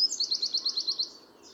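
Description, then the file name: Eurasian wren trill: a rapid, evenly repeated string of high, sharp notes lasting about one second, then fading into soft hiss. "Troglodytes troglodytes"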